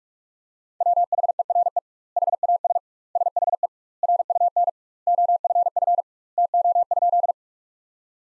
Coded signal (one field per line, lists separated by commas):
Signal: Morse code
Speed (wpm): 46 wpm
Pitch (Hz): 700 Hz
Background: none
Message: WHERE HAS SHE RUN OFF TO?